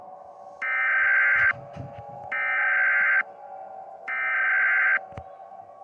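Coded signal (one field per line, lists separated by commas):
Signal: Emergency Alert System (SAME) tones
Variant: header bursts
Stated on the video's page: Fictional EAS scenario about a tsunami.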